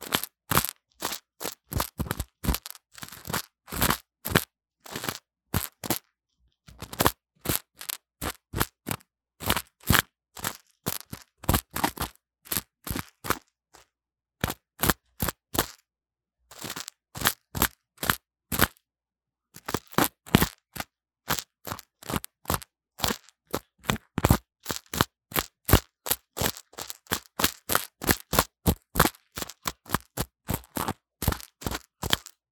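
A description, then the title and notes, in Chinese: Dry crunching and crackling grain sounds made against a wired microphone, rapid sharp clicks in bursts with brief silent pauses. 各種玩弄線麥-各種顆粒聲。Lo-fi Earphone Mic。No Talking。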